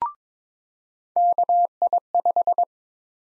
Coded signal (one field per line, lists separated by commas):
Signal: Morse code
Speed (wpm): 23 wpm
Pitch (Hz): 700 Hz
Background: none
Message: KI5